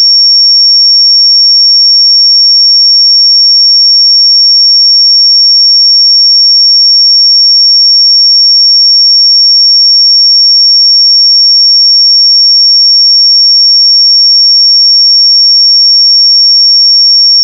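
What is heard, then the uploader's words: A pure sine tone at 5508 Hz holds a single, unchanging pitch for the whole clip. The high, thin whistle stays at a constant level from start to finish, with no other sounds and nothing behind it. 5508 Hz 1 Hz Interval Sine Pure Tone Frequency 441000 Sample Mono.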